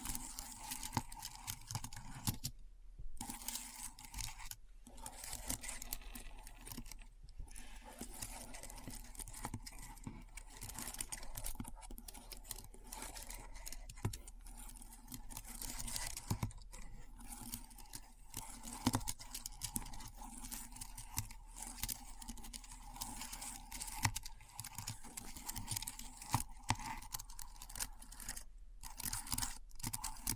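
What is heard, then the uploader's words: Keyboard typing, a dense run of quick clicks and clatter with brief pauses near three, five and twenty-nine seconds, over a steady low hum. ASMR Keyboard Sounds (No Talking).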